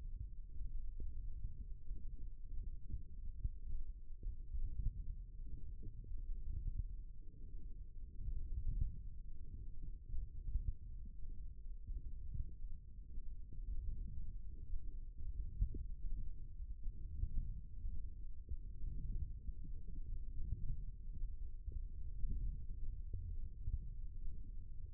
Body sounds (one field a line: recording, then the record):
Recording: forearm muscle sounds (acoustic myography)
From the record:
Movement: wrist extension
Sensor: system 1, eight BSWA MPA416 microphones around the upper forearm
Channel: 2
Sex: male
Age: 18 years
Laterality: right